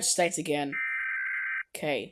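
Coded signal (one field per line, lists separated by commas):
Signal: Emergency Alert System (SAME) tones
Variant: header bursts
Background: speech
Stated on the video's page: Animated EAS alarm tones.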